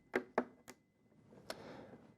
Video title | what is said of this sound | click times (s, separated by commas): How to install Ooma Connect- Connecting the Antenna and Base | When it's fully inserted, you'll hear a nice little click. | 0.4 s